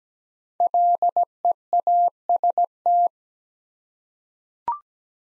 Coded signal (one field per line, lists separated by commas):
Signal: Morse code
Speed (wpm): 17 wpm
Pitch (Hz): 700 Hz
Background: none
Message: LEAST